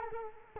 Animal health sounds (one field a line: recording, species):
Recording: mosquito wingbeat signal from an infrared sensor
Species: Culex quinquefasciatus